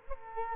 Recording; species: mosquito wingbeat signal from an infrared sensor; Culex quinquefasciatus